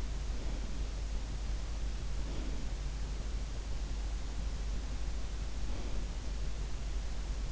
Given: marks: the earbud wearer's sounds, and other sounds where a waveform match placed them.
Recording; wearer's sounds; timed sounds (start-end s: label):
sounds in sleep by an in-ear microphone; breath
0.36-1.07 s: breath
2.29-2.94 s: breath
5.46-6.24 s: breath